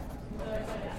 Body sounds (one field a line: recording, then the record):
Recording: background sound without coughing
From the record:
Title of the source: 60 minutes of coffee shop sounds for study and concentration